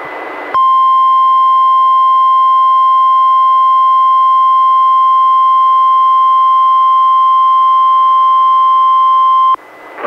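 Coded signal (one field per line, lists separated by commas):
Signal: Emergency Alert System (SAME) tones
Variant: 1050 Hz attention tone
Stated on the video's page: Required weekly test from NWS Portland, relayed by NOAA Weather Radio station in Astoria, recorded directly from a Reecom R-1630 weather radio into a Zoom H1 recorder.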